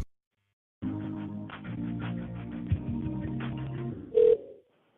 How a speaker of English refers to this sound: Hi, that line is ringing. I'll let you know when they're on.